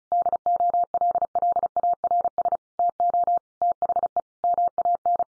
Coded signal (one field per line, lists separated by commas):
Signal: Morse code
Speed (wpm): 34 wpm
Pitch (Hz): 700 Hz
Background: none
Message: DOLLARS TO THE MAN